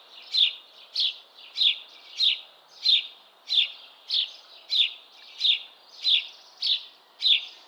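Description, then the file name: House sparrow repeating a single harsh chirp roughly every 0.6 seconds, a dozen or so calls, with a faint low hiss underneath. "Passer domesticus"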